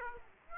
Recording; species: mosquito wingbeat signal from an infrared sensor; Aedes aegypti